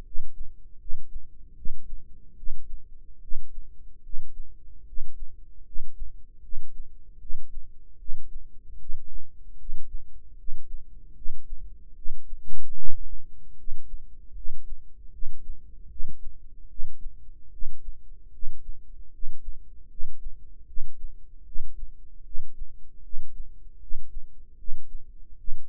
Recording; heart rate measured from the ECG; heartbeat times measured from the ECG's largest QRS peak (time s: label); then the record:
heart sounds by microphone in the right ear; 76 bpm
0.03 s: heartbeat
0.78 s: heartbeat
1.55 s: heartbeat
2.35 s: heartbeat
3.20 s: heartbeat
4.02 s: heartbeat
4.85 s: heartbeat
5.63 s: heartbeat
6.41 s: heartbeat
7.18 s: heartbeat
7.97 s: heartbeat
8.78 s: heartbeat
9.57 s: heartbeat
10.36 s: heartbeat
11.14 s: heartbeat
11.94 s: heartbeat
12.75 s: heartbeat
13.56 s: heartbeat
14.33 s: heartbeat
15.10 s: heartbeat
15.88 s: heartbeat
16.67 s: heartbeat
17.50 s: heartbeat
18.31 s: heartbeat
19.10 s: heartbeat
19.88 s: heartbeat
20.65 s: heartbeat
21.44 s: heartbeat
22.23 s: heartbeat
23.02 s: heartbeat
23.79 s: heartbeat
24.56 s: heartbeat
25.36 s: heartbeat
From the record:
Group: healthy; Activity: cold pressor test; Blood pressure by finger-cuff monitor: 126/69 mmHg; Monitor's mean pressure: 85 mmHg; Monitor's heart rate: 76 bpm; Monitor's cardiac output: 7.5 L/min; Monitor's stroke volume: 98 mL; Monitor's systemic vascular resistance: 830 dyn s/cm5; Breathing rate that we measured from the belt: 13 breaths a minute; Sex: male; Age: 35 years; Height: 180 cm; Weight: 86.9 kg